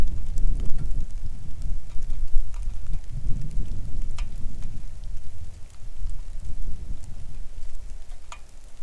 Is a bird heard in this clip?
no